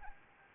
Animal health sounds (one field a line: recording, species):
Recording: mosquito wingbeat signal from an infrared sensor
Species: Anopheles gambiae